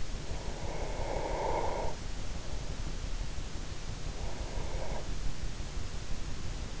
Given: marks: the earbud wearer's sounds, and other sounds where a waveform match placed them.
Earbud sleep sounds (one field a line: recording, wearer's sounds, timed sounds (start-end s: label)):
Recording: sounds in sleep by an in-ear microphone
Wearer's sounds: breath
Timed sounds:
0.62-2.95 s: breath
4.18-5.14 s: breath